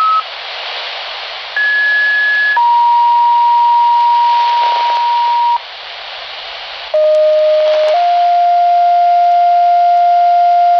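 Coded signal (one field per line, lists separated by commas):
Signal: two-tone page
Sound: steady tones stepping through about five pitches, each one to three seconds, over hiss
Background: radio static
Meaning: Sequential tones that set off fire department pagers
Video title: Saturday weekly fire pager test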